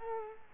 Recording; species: mosquito wingbeat signal from an infrared sensor; Culex quinquefasciatus